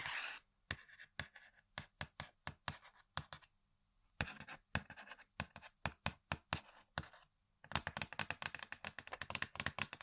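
Sharp taps and scratches on objects, a rough scrape opening, then separate crisp knocks spaced through the middle seconds, some in quick pairs. From about eight seconds the tapping turns fast and dense, a rapid clattering run to the end.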